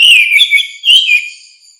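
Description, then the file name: Orange-headed thrush singing a short fluty whistled phrase of two slurred parts that fades away at the end. "suara kicau burung anis merah luar biasa"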